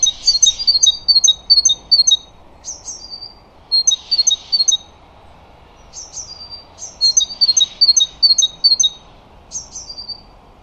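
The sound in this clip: Great tit calling in bursts of rapid, high, sharp two-note chips, each burst ending in a brief thin whistle, repeated several times over a quiet low hiss.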